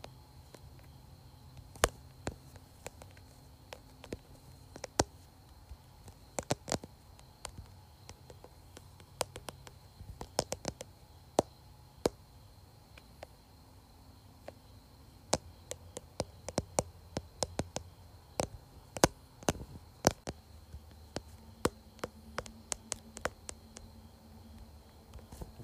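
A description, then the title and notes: Crisp fingertip taps on a phone case and screen arrive in irregular bursts, densest midway, over a faint low hum and thin steady whine. ASMR Tapping Phone Case and Screen.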